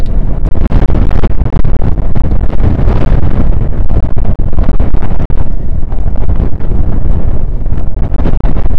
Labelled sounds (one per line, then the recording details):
wind
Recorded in the Prudhoe Bay oil fields, Alaska, on 1 August 2019 at 02:02
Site 29